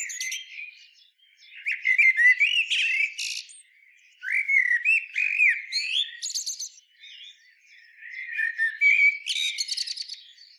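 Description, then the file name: Common blackbird singing phrases of low whistled warbling, each closing with a high, rapid twittering ending. "Turdus merula"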